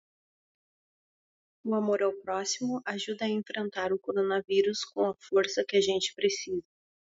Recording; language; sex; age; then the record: spoken sentence; Brazilian Portuguese; female; 40 to 49 years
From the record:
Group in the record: control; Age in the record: 41 years